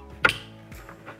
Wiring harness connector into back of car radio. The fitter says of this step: all right so that locked into place now grab the antenna